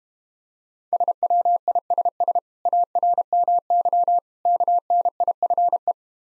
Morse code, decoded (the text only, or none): SWISS ARMY KNIFE